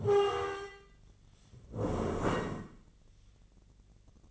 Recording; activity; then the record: daily activity, microphone in the room; stand up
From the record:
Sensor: 4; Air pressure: 1013.1 hPa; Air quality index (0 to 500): 170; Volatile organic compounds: 2 ppm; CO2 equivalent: 1076 ppm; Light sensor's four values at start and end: 52/129/54/59 and 52/128/54/58